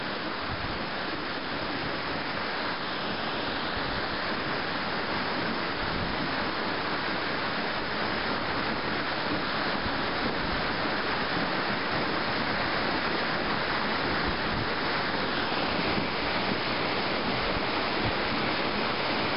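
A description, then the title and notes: A small mountain waterfall pours without pause, a dense, even rush of splashing water that fills the whole clip. The sound is full, with a slight low rumble beneath the bright hiss, and it holds steady from start to finish. Thailand - waterfall. A small waterfall in the mountains of Namtok Mae Surin National Park in the northwest of Thailand, near the border with Burma.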